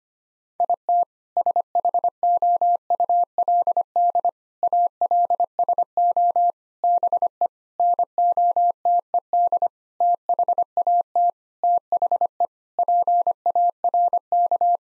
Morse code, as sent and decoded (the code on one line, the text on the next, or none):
.. - / ... .... --- ..- .-.. -.. / .- .-.. ... --- / -... . / -. --- - . -.. / - .... .- - / - .... . / .--. .- .-. -.-
IT SHOULD ALSO BE NOTED THAT THE PARK